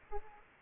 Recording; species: mosquito wingbeat signal from an infrared sensor; Aedes aegypti